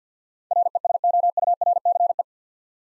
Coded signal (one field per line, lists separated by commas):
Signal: Morse code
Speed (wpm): 50 wpm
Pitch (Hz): 700 Hz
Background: none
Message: RESOURCE